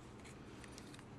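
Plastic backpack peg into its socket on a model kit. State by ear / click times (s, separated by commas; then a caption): seated / 0.6 s, 0.8 s, 0.9 s, 1.0 s. The folded backpack section of a plastic HGUC 1/144 Anksha model kit is pressed down so its small peg sits inside its hole. Short, sharp plastic clicks are heard at 0.6, 0.8, 0.9 and 1.0 seconds. The peg snaps into place and holds securely.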